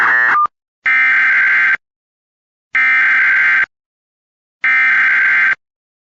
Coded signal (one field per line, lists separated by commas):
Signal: Emergency Alert System (SAME) tones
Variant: header bursts